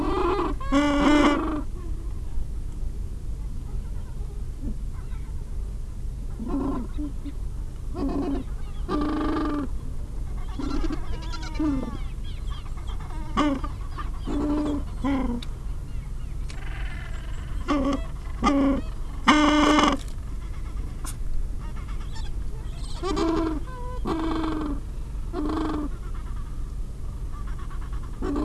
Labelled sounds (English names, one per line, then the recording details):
Gentoo Penguin
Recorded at the colony at Petermann, Antarctica, on 20 January 2015
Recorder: Song Meter SM2+